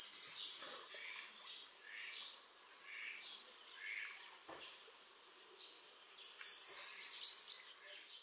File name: PELZACZOGRODOWY